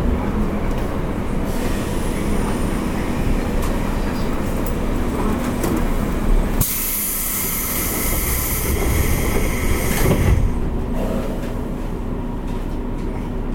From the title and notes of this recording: JR西日本 201系 大和路線 久宝寺からJR難波まで. JR西日本２０１系電車の走行音です。 大和路線の普通電車で録音しました。 It is the running sound of JR West 201 train. I recorded on the Yamatoji line's local train. The section is from Kyuhoji to JR Nammba.